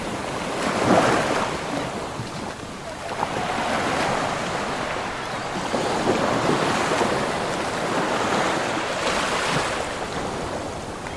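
Waves wash steadily against the shore in a dense, continuous hiss, swelling and easing in slow surges every few seconds, strongest near one, five and nine seconds. Wind rumbles low underneath throughout, buffeting the microphone.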